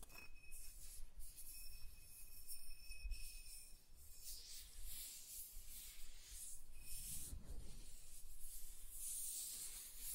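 Soft tracing across smooth and rough surfaces makes a continuous hushed rubbing that swells and fades in slow strokes. Bright scratchy streaks come every couple of seconds, with a brief low thump near seven seconds. Faint thin ringing tones sit steadily above.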